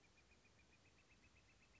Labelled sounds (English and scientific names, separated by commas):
Northern Flicker (Colaptes auratus)